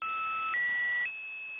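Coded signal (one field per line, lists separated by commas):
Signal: channel marker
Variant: Squeaky Wheel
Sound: three short steady tone steps, a two-note chord, a middle tone, then a high tone, over hiss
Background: radio static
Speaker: This one's called the squeaky wheel.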